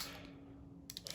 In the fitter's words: já fechou ela trava no lugar e aí você vem com essa pecinha aqui da manopla